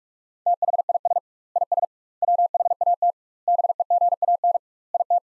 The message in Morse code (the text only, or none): THIS IS WHAT BEGAN IT